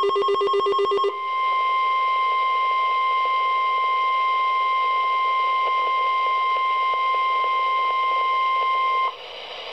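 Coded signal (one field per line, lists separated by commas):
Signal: Emergency Alert System (SAME) tones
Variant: 1050 Hz attention tone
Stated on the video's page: Required Weekly Test on NOAA Weather Radio that failed twice before succeeding.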